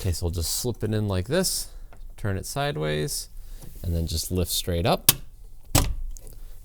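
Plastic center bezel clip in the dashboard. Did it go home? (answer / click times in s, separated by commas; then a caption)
released / 5.8 s. A pick is slipped sideways under the plastic center dash bezel around the radio and HVAC controls of a Jeep TJ, then lifted straight up while someone talks. The bezel's retaining clip releases with a sharp pop at 5.8 s, followed by a few faint ticks.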